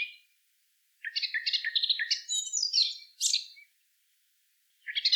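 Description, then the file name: Eurasian blackcap song: a jumbled warble that climbs into clearer, higher whistled notes near the end, followed by a short gap and the start of the next phrase. "Sylvia atricapilla"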